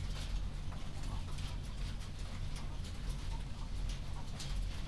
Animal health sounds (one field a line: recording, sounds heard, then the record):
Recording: poultry house recording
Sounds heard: healthy chickens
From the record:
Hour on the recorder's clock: 22